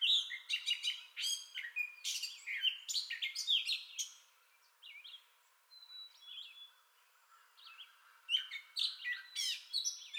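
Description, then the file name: Gray catbird song: a jumbled run of varied squeaky, scratchy and whistled notes, pausing midway with a few thin tones before the chatter resumes. Entire song bout, recorded 30 May 2021. "2021-05-30 Gray Catbird Entire Song Bout"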